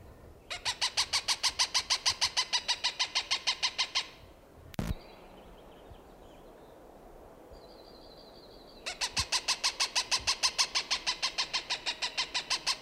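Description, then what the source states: Cooper's hawk giving a fast, regular series of harsh cak notes in two long bursts, separated by a pause with a sharp click. Recorded June 21, 1995.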